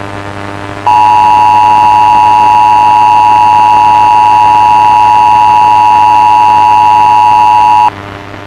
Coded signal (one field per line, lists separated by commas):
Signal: Emergency Alert System (SAME) tones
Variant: 853 and 960 Hz attention tone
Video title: World War Z | A Zombiepocalypse EAS Scenario